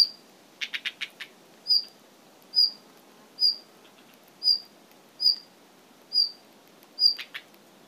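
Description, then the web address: Red-flanked bluetail calling, a series of brief high notes repeated about once a second, with short bursts of dry rattling clicks at the start and near the end. Izumino. "izumino saunndo ruribi-b 2"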